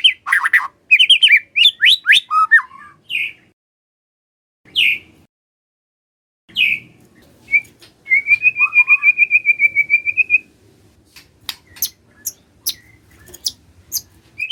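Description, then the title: White-rumped shama song with scattered whistled phrases and sharp chips, then a long even trill of rapid repeated notes, followed by short clicks. White-rumped shama whistling used as a lure to make lazy birds start singing. "PANCINGAN MURAI BATU. SIULAN MURAI BATU❗ PANCINGAN MURAI MALAS AGAR BUNYI❗❗"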